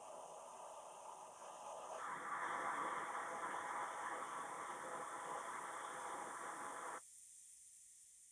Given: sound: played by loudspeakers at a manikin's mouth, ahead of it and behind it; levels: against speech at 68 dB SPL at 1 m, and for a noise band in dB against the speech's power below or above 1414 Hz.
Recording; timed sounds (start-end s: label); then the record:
test signals for a remote microphone
0.00-1.98 s: speech-spectrum noise from ahead, +10 dB
1.98-6.98 s: speech-spectrum noise from behind, +10 dB
From the record:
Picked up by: remote microphone B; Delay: 24 ms